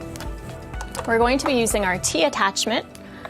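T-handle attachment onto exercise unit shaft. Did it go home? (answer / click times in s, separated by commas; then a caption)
no / none. A T-handle attachment is handled near the shaft of an exercise unit while someone talks, with a few brief sharp sounds around 0.2, 0.8, 1.0 and 3.3 seconds. The attachment has not yet been slid on, and nothing has seated or clicked yet.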